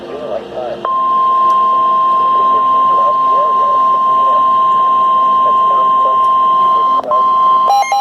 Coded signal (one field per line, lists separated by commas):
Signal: Emergency Alert System (SAME) tones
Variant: 1050 Hz attention tone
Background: speech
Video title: A busy weekend! EAS #116-145 July 24th, 2021